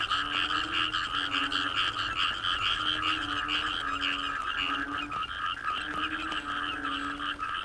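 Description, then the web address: Frogs in a dense chorus: many overlapping croaks and pulsed notes, with drawn-out low tones and bright notes higher up. Wetland frog chorus recorded at Cherating wetlands, Malaysia. "yamaha frogs cherating wetlands. audio soundscape malaysia"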